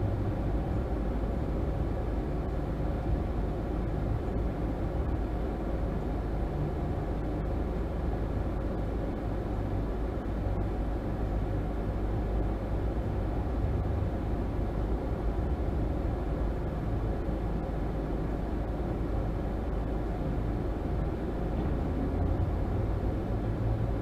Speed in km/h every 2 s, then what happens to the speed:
0, 0, 0, 0, 0, 0, 0, 0, 0, 0, 0, 0.
0-24 standing.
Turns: none.